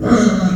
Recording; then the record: squeal of a Yucatan mini pig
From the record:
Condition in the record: after surgery on the right vocal fold (resection and tissue-engineered implant); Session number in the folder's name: 6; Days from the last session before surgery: 40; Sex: female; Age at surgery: 19 weeks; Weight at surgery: 25 kg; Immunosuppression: prednisolone